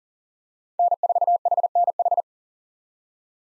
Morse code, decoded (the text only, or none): N4HNH